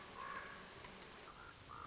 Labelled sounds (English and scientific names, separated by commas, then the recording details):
Common Raven (Corvus corax)
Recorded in Sonoma County, California